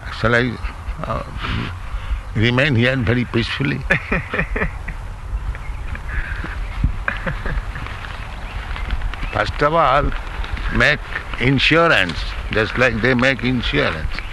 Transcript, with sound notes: shall I remain here very peacefully? [laughter] First of all make insurance, just like they make insurance,